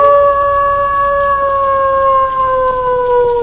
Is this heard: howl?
yes